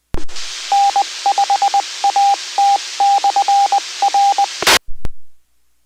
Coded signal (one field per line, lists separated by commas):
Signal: Morse code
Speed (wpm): 20 wpm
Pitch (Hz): 800 Hz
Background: radio noise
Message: N5AT/R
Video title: N5CG - CAUHF | W5DI - C.A.R.E.N Club |Amatuer Radio Repeaters